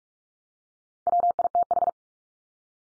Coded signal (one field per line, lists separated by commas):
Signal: Morse code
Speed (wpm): 44 wpm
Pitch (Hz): 700 Hz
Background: none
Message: WITH